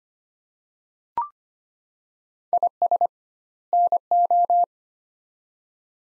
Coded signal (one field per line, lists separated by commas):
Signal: Morse code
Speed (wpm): 25 wpm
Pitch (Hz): 700 Hz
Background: none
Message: IS NO